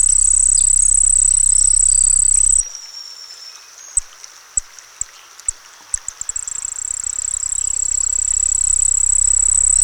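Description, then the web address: Cricket song: a high pulsed trill that stops after about two and a half seconds, leaving soft clicks and quiet, then resumes and swells for the last few seconds. Crickets singing by a pond. "Dr Sound Effects. Crickets Singing By a Pond"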